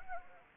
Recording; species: mosquito wingbeat signal from an infrared sensor; Anopheles gambiae